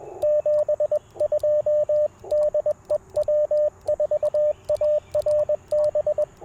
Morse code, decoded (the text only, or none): 72 DE W4ARB